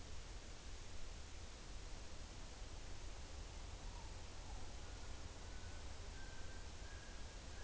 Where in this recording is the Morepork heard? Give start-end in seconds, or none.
3.72-4.69